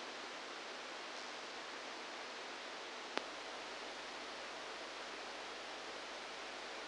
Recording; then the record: brain microelectrode recording played as sound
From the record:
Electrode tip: outside the subthalamic nucleus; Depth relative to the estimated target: -4 mm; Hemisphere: left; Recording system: NeuroSet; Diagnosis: Parkinson's disease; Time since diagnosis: 10 years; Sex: male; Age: 63 years